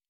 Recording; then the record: hydrophone in a shrimp aquaculture tank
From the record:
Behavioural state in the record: normal